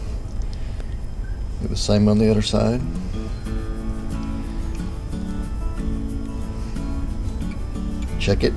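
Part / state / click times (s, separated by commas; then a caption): wire terminal into steering column connector plug / seated / 0.5 s, 0.8 s. A wiring terminal is pushed into the steering column connector housing of an early Ford Bronco during a steering column rebuild, and it seats with two short, sharp clicks at 0.5 and 0.8 seconds. Afterward someone talks while music plays.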